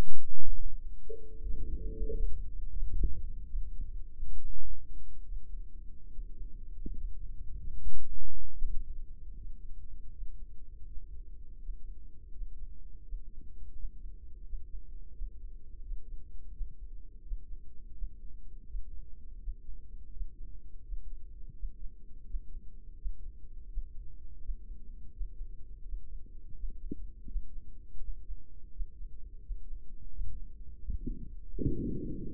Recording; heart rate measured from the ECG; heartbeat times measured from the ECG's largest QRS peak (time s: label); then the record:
heart sounds by microphone in the right ear; 82 bpm
0.53 s: heartbeat
1.25 s: heartbeat
2.00 s: heartbeat
2.67 s: heartbeat
3.47 s: heartbeat
4.36 s: heartbeat
5.22 s: heartbeat
6.08 s: heartbeat
6.93 s: heartbeat
7.75 s: heartbeat
8.55 s: heartbeat
9.33 s: heartbeat
10.09 s: heartbeat
10.84 s: heartbeat
11.57 s: heartbeat
12.29 s: heartbeat
13.01 s: heartbeat
13.71 s: heartbeat
14.41 s: heartbeat
15.11 s: heartbeat
15.80 s: heartbeat
16.50 s: heartbeat
17.20 s: heartbeat
17.91 s: heartbeat
18.63 s: heartbeat
19.37 s: heartbeat
20.09 s: heartbeat
20.81 s: heartbeat
21.52 s: heartbeat
22.23 s: heartbeat
22.94 s: heartbeat
23.66 s: heartbeat
24.38 s: heartbeat
25.10 s: heartbeat
25.82 s: heartbeat
26.53 s: heartbeat
27.25 s: heartbeat
27.97 s: heartbeat
28.69 s: heartbeat
29.40 s: heartbeat
30.09 s: heartbeat
30.78 s: heartbeat
31.46 s: heartbeat
32.16 s: heartbeat
From the record:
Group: healthy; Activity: rest 0-3 s, Valsalva maneuver 3-32 s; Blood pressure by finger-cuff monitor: 101/77 mmHg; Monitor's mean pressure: 84 mmHg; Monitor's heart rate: 83 bpm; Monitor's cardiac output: 6.6 L/min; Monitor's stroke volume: 80 mL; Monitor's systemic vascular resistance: 930 dyn s/cm5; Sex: male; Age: 57 years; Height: 188 cm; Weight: 106 kg